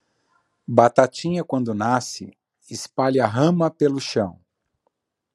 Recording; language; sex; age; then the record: short text; Brazilian Portuguese; male; 50 to 59 years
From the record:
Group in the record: control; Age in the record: 50 years